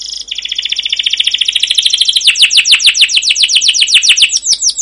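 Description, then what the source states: Canary starts with a buzzy note leading into a rolling trill of rhythmic falling notes. Masteran recording: long, rolling (ngerol) 'cuit cuit' canary song in gacor style, used as a lure to stimulate other canaries to sing.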